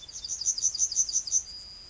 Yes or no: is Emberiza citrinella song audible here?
yes